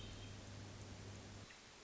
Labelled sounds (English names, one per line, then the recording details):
Hermit Thrush
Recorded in Sonoma County, California